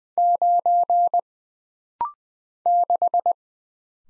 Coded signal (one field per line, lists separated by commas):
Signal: Morse code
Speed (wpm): 20 wpm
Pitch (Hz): 700 Hz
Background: none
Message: 9 6